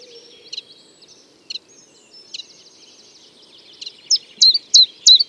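Common chiffchaff notes, high and evenly spaced, faint at first, then clearer near the end.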